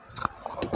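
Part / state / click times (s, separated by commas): plastic lid latch on a shoe storage box / released / 0.2 s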